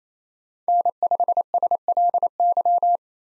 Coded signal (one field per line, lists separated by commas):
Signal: Morse code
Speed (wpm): 27 wpm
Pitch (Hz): 700 Hz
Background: none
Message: N5SLY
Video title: 2023 POTA Hunter Call Signs - 28wpm